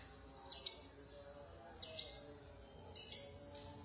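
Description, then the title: Lovebird calls: three short, sharp, high squeaky chirps spaced a little over a second apart, with quiet background between them. "BM Suara Burung Lovebird"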